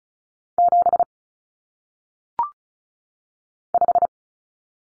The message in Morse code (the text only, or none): 7 5